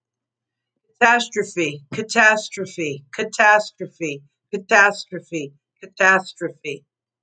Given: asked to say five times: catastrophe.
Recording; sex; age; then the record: repeated word; female; 50 to 59 years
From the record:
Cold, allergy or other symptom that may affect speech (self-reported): no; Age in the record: 58 years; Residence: Florida, United States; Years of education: 20